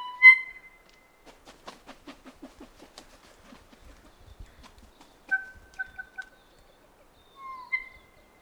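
Kōkako song: a loud pure opening tone, then a run of soft clicking, pattering sounds, followed by short bell-like notes and a final sustained whistle.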